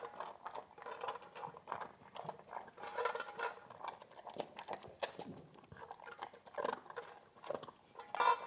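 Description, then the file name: Dog eating: irregular crunching and clicking bites, quickly repeated throughout. "Hund frisst"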